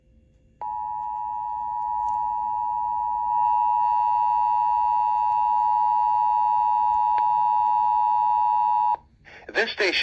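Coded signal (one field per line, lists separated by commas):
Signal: Emergency Alert System (SAME) tones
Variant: 853 and 960 Hz attention tone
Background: speech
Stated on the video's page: Illinois Required Monthly Test, 2020.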